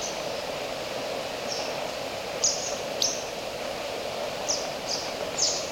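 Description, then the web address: Oilbird calls: brief high downslurred squeaks in a loose series, a couple louder, over steady hissing hum. "sound Oilbird. صدای-مرغ-روغنی"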